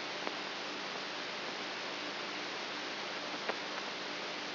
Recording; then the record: brain microelectrode recording played as sound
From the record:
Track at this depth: outside the subthalamic nucleus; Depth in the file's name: 8.5 mm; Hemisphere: right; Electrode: 3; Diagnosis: Parkinson's disease